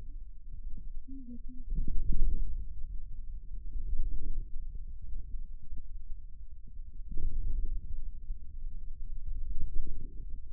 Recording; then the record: forearm muscle sounds (acoustic myography)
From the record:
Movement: wrist extension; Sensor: system 2, bracelet of six BSWA MPA416 microphones around the upper forearm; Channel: 6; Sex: male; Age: 22 years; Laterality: right